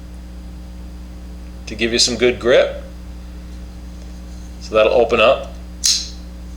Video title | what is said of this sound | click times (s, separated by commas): Kershaw Scallion Knife Review | the liner lock snaps into place it is not jumped | 5.9 s